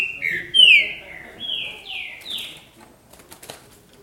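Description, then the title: Green-winged saltator gives a few rich whistled notes, then quiet with faint clicks. "Trinca Ferro"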